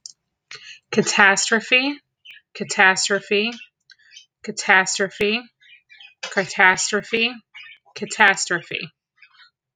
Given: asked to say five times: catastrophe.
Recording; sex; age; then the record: repeated word; female; 30 to 39 years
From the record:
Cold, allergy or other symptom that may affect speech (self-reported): no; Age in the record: 34 years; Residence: Pennsylvania, United States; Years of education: 14